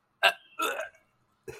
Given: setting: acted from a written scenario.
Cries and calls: vocal sound without words; disgust

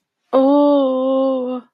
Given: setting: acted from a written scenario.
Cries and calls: vocal sound without words; shame

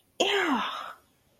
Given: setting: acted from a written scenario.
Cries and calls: vocal sound without words; disgust

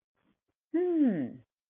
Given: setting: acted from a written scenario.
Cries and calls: vocal sound without words; desire

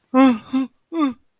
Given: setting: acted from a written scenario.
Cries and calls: vocal sound without words; distress

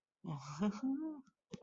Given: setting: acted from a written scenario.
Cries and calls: vocal sound without words; elation

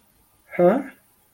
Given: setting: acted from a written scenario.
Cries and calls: vocal sound without words; disappointment

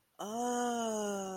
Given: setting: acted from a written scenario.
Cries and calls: vocal sound without words; realization

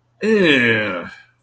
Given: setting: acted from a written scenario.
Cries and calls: vocal sound without words; disgust

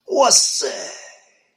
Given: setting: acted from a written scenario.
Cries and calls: vocal sound without words; desire

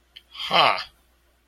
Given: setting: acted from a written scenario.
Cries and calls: vocal sound without words; negative surprise

